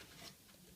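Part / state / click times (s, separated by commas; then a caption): cable connector into PC component socket / not seated / none. A cable is passed through a PC case grommet while its connector is handled toward a PC component socket, giving soft, steady rustling and handling noise with no distinct impacts. Nothing has seated or clicked yet; the connector is not yet home.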